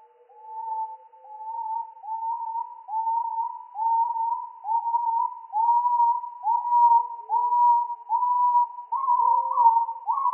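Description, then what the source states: Firecrest song, slowed down: evenly repeated whistled notes that climb gradually higher, with faint lower tones beneath, continuing throughout. Song slowed down three octaves.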